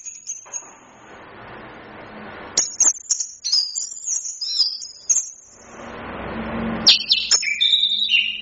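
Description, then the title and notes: Chestnut-capped thrush song: bursts of high, rapid, varied whistles and chirps broken by stretches of low hissing background noise. Masteran, a training song used to teach songbirds. "Masteran Anis Kembang"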